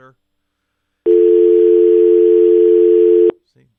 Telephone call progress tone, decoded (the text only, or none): dial tone